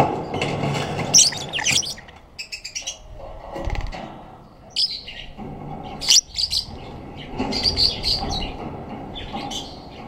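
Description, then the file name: Black-cheeked lovebird uttering clusters of sharp, high chirps and twitters at irregular intervals, over background noise. "canto do periquito de bochechas pretas"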